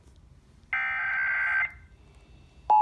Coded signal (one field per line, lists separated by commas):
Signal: Emergency Alert System (SAME) tones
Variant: header bursts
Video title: National emergency alert system over radio